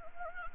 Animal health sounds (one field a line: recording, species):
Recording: mosquito wingbeat signal from an infrared sensor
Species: Anopheles gambiae